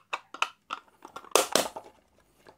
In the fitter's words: just clicks in place you can still open it and these wires will go off as I mentioned before